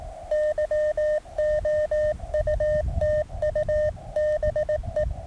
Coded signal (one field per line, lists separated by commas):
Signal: Morse code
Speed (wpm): 17 wpm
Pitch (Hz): 610 Hz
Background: none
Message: YOUTUBE